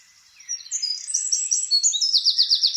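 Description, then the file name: Eurasian wren song: a run of high twitters leading into a fast, rattling trill. "Troglodytes troglodytes"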